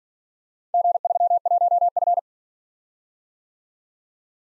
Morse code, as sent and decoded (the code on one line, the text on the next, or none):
--. ...-- .---- ..-.
G31F